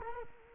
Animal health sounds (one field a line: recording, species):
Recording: mosquito wingbeat signal from an infrared sensor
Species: Culex quinquefasciatus